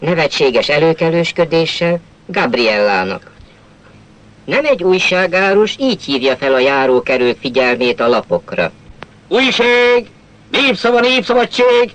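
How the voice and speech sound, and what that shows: Clear, fluent Hungarian narration by one adult man, with brief imitated calls of a newspaper vendor hawking papers to passersby; ordinary speech.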